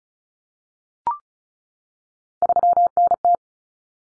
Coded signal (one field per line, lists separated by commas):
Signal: Morse code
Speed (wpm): 34 wpm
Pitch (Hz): 700 Hz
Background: none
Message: 3NT